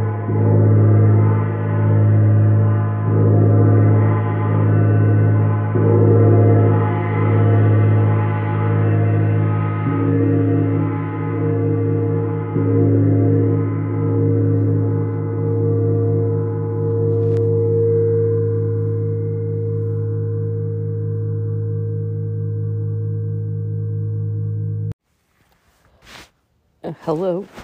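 Large gongs ring low, struck softly about every three seconds so each deep, humming swell blends into a continuous shimmering drone. The strikes ease off and the tone slowly fades until it cuts out near 25 seconds, followed by brief scraping handling sounds.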